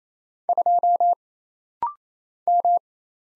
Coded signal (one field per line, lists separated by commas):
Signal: Morse code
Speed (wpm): 28 wpm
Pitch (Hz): 700 Hz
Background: none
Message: 2 M